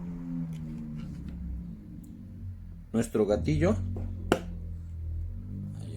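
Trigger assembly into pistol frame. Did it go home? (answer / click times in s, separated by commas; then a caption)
yes / 4.3 s. A trigger assembly is pushed down into a Glock's polymer pistol frame during reassembly while someone talks over a low, steady hum. A single sharp click at 4.3 s marks the assembly seating into the frame.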